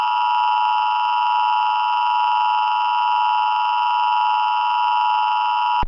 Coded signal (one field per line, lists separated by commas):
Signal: Emergency Alert System (SAME) tones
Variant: 853 and 960 Hz attention tone